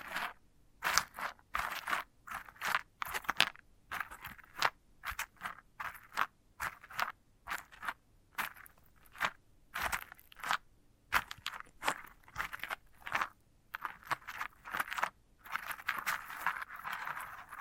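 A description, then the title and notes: Dry scraping and crackling on a sunflower head, in short bursts that come and go every half second or so for the whole stretch. Each burst is crisp and bright with a rough, crunchy texture, separated by brief silences, with a longer rustle near the end. ASMR of a Sunflower Head (No Talking).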